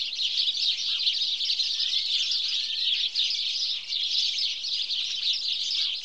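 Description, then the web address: House sparrows chattering in a crowd, dense overlapping chirps with a few short lulls. "BBC Sound Effects Library (Birds) House Sparrow (Passer Domesticus)"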